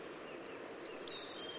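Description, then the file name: Eurasian wren song fragment: a thin high note, then a quickly building run of loud, shrill repeated notes. "Troglodytes troglodytes"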